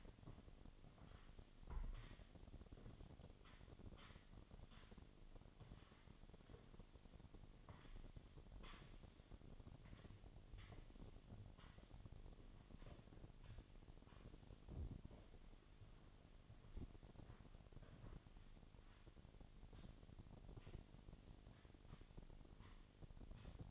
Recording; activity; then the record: daily activity, microphone in the room; sweep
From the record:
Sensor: 4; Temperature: 28.5 degrees Celsius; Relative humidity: 34.1%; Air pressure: 1007.8 hPa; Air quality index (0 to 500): 192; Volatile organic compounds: 6 ppm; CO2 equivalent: 1922 ppm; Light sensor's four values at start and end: 23/72/27/26 and 23/72/27/26